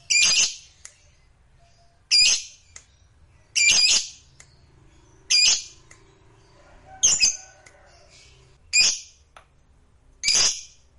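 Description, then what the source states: Lovebird calls, loud harsh squawks repeated every one and a half to two seconds, seven in all. Lovebird sound used to stimulate a lazy lovebird that is not singing to start singing spontaneously.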